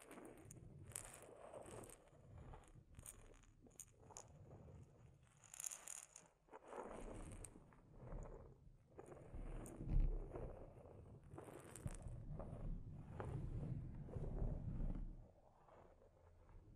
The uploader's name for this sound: Delicate Mic Scratching and Tapping